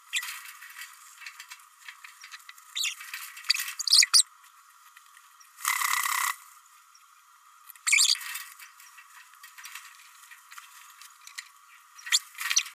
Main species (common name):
Green-rumped Parrotlet